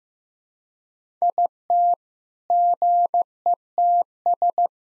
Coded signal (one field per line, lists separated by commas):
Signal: Morse code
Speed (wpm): 15 wpm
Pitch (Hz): 700 Hz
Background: none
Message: IT GETS